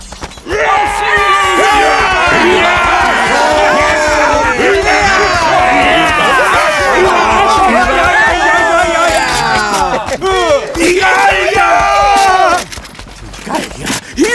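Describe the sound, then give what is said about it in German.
A large crowd of villagers roars and shouts together as they storm a Roman camp in an Asterix story, a continuous, loud clamor, many overlapping yells rising and falling for over twelve seconds before dying down, with a brief surge again near the end. “Mit Gebrüll stürmen sie ins Römerlager.”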